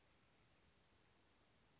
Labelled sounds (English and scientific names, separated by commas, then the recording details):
Western Flycatcher (Empidonax difficilis)
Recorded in Sonoma County, California